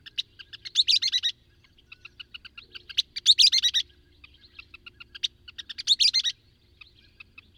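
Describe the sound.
Bird giving loud buzzy song phrases at intervals of about two and a half seconds, with soft clicking notes between, low hum in background.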